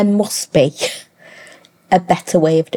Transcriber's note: exhales